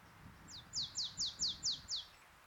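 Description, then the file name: Marsh tit giving seven rapid, clear descending notes in an even run, each sliding sharply downward, with low rumbling background noise beneath. "Poecile palustris"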